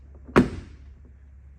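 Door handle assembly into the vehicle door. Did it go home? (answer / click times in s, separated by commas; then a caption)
yes / 0.4 s. During reassembly of a Ford Explorer door handle, the handle part is set into the vehicle door and turned clockwise until it snaps into place. A single loud, sharp snap at 0.4 s rings out briefly and fades over a low steady hum. The handle is seated.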